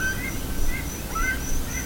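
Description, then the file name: Bird giving a few brief rising chirps over a constant low background rumble. "SABIOD 50 bird 2015"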